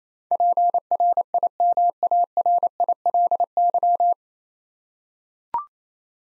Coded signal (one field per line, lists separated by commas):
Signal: Morse code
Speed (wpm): 28 wpm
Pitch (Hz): 700 Hz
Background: none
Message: PRIMARILY